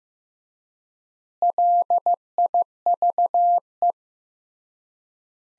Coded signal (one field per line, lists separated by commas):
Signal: Morse code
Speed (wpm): 15 wpm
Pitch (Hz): 700 Hz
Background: none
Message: LIVE